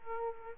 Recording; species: mosquito wingbeat signal from an infrared sensor; Aedes aegypti